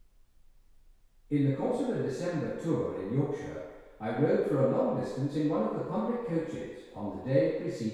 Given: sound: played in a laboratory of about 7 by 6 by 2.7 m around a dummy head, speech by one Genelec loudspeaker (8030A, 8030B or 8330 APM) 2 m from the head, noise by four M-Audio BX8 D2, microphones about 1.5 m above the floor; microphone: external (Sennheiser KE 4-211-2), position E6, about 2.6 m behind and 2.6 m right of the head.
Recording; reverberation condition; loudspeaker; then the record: male speech in English; high; 120 degrees to the right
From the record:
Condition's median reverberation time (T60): about 1300 ms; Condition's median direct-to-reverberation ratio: about -4.0 dB